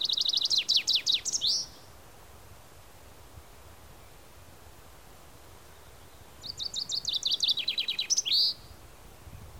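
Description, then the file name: Common chaffinch song heard twice: the tail of one descending trill, a quiet gap of about five seconds, then another complete rattling phrase ending in a flourish. "Fringilla coelebs"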